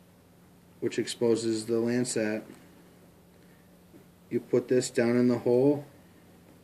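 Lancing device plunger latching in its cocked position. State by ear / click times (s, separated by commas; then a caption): not seated / none. Someone talks while handling a plastic lancing device used to test a dog's blood glucose level: the cap is taken off to expose the lancet, and the lancet is put down into the hole. No handling noises stand out over the voice, and the plunger has not yet been pulled back, so nothing has seated or clicked yet.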